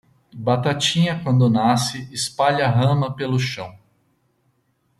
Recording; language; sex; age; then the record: short text; Brazilian Portuguese; male; 40 to 49 years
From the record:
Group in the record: control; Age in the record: 48 years